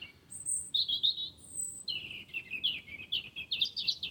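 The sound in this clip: Wren song: a rapid, nearly continuous run of high whistled notes and slurred chirps.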